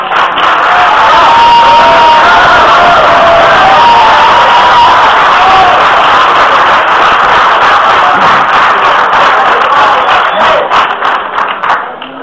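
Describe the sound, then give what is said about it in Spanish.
Loud, sustained applause from a crowd welcoming a lecturer at a conference, with cheering and whoops mixed in, a dense wash of clapping that holds steady for about twelve seconds before thinning slightly at the end. “Recibimos con un fuerte aplauso.”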